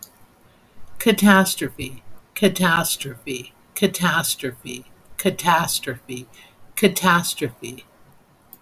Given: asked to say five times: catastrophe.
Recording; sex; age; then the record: repeated word; female; 60 to 69 years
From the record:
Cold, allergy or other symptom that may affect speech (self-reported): no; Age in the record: 65 years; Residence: Nevada, United States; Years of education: 22